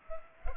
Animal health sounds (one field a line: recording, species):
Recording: mosquito wingbeat signal from an infrared sensor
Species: Culex pipiens